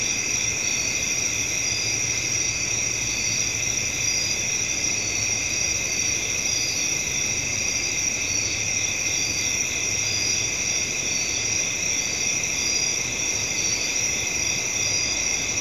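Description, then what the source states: Long, even cricket chorus of high, gently pulsing trills in stacked bands, with a faint low hum and steady background noise. Crickets recorded at night.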